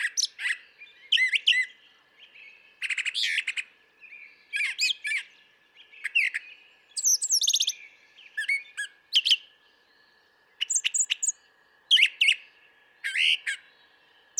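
Brown thrasher song, a long sequence of varied chirps, buzzes and whistles, many phrases repeated twice before switching to a new one.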